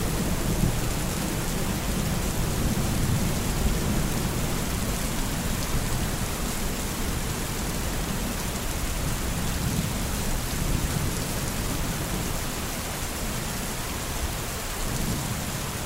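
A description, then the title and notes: Rain falls in a steady, dense patter, with a soft hiss across the upper range that barely changes over the sixteen seconds. Underneath, distant thunder rolls as a low, continuous rumble that swells and eases without any sharp cracks. Rumbling Thunderstorm. The distant rumbles of thunder, the gentle patter of rain, and the occasional flash of lightning.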